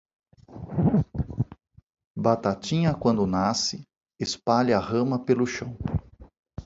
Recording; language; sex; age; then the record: short text; Brazilian Portuguese; male; 50 to 59 years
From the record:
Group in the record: control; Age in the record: 55 years